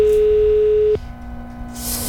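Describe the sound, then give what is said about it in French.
A telephone busy signal heard while calling ARL: one steady mid-pitched electronic beep lasting about a second cuts off abruptly, leaving a quieter low tone and faint line hiss. “Ah, ça fait bip bip bip.”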